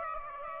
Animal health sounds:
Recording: mosquito wingbeat signal from an infrared sensor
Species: Aedes aegypti

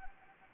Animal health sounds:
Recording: mosquito wingbeat signal from an infrared sensor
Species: Anopheles gambiae

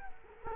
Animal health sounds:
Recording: mosquito wingbeat signal from an infrared sensor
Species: Culex quinquefasciatus

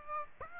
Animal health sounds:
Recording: mosquito wingbeat signal from an infrared sensor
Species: Aedes aegypti

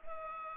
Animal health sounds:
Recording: mosquito wingbeat signal from an infrared sensor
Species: Culex pipiens

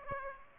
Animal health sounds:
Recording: mosquito wingbeat signal from an infrared sensor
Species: Aedes aegypti

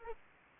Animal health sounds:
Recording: mosquito wingbeat signal from an infrared sensor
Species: Aedes aegypti

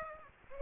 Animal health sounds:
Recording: mosquito wingbeat signal from an infrared sensor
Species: Aedes aegypti

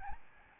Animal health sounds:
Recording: mosquito wingbeat signal from an infrared sensor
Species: Aedes albopictus

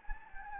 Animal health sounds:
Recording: mosquito wingbeat signal from an infrared sensor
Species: Anopheles gambiae

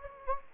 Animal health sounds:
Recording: mosquito wingbeat signal from an infrared sensor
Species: Anopheles gambiae

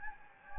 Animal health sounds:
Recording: mosquito wingbeat signal from an infrared sensor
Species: Anopheles gambiae

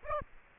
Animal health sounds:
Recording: mosquito wingbeat signal from an infrared sensor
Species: Aedes aegypti

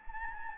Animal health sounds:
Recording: mosquito wingbeat signal from an infrared sensor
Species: Anopheles gambiae

